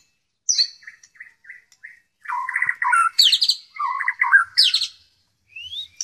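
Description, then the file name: White-rumped shama song: a few soft short notes, then dense bursts of rich, rapidly varied whistles and buzzy trills, with high sharp phrases and a rising whistle near the end. Song containing 'tembakan' phrases of canary and kingfisher (tengkek). "murai batu tembakan kenari tengkek"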